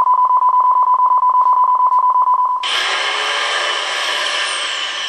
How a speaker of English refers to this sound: 2019 has seen a huge jump in the number of solar panels installed in Spain. If you imagine these beeps as being the average rate of solar panel installation in the previous decade, this is how it compares to this year.